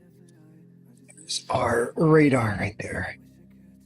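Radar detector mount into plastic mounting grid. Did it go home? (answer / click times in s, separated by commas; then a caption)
no / none. Someone talks while handling the plastic mount for an Escort integrated police radar detector, which is meant to be pushed onto a slotted plastic mounting grid until it snaps into the notches. A few faint ticks sound over a low steady hum. The clip ends before the mount goes home, and nothing has seated or clicked yet.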